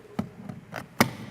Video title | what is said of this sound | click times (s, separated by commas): 2015 Porsche Panamera S eHybrid - Episode 3 | snaps into place it's very secure it's ready to go | 1.0 s